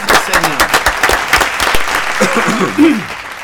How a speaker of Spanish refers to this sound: Y yo, aparte, me voy a sumar con un fuerte aplauso. Porque él, se lo merece.